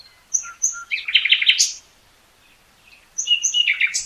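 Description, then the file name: Common nightingale song: scratchy high notes lead into a rapid pulsed trill, a pause of over a second, then another loud phrase of fast repeated notes ending in a sweep. "Luscinia megarhynchos"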